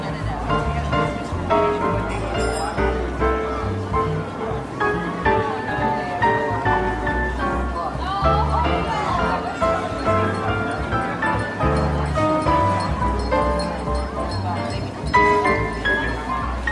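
Holiday tunes play on a jazz piano over a steady market murmur of overlapping voices. The piano holds sustained notes and flowing chords, with a full low end and bright upper notes, while the crowd chatter stays constant. A slight swell comes near the fifteen-second mark.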